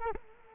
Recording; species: mosquito wingbeat signal from an infrared sensor; Culex quinquefasciatus